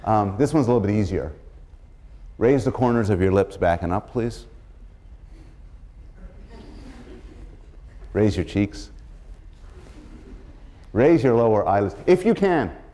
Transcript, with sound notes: This a little bit easier. Raise the corners of your lips back and up, please. [laughter] Raise your cheeks. Raise your lower eyelids if you can.